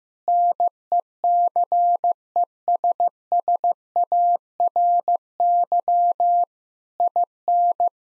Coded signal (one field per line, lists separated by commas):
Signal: Morse code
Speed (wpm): 15 wpm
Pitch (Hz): 700 Hz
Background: none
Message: NECESSARY IN